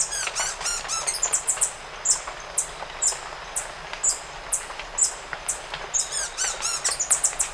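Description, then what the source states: White-tipped sicklebill: piercing high chips repeated throughout, mixed with quick bursts of other bird notes near the start and the end. Ecuador.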